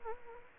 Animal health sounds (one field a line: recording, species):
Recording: mosquito wingbeat signal from an infrared sensor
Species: Anopheles gambiae